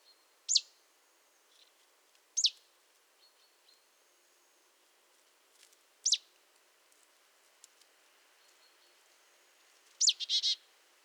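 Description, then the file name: Marsh tit calling: single sharp, high clicking notes spaced about two to four seconds apart, ending with a burst of rapid buzzy notes near the close. "Poecile palustris"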